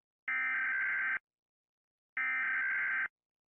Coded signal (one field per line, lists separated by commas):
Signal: Emergency Alert System (SAME) tones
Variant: header bursts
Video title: rating eas alarms | تصنيف أجهزة الانذار، اقرأ الوصف